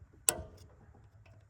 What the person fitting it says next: you hear that click